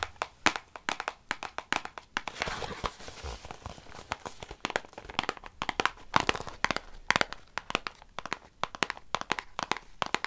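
Tapping for tingles: quick, dense, bright taps patter irregularly throughout, with a soft rustling texture swelling briefly around two to three seconds.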